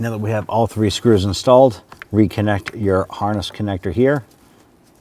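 Someone talks while a wiring harness connector is handled for reconnection to the new HVAC blower motor assembly under the dash of a 1999-2004 Jeep Grand Cherokee, after all three screws have been installed. The talking stops at about 4.2 s, and the clip ends in near silence. The connector has not snapped into place or clicked yet.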